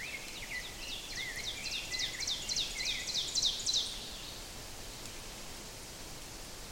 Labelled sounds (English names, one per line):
Ovenbird song